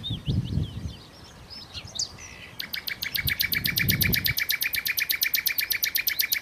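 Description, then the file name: Common nightingale song: soft varied chirps and whistles, then a long run of rapid, loud, clicking notes repeated to the end. "Nachtigall"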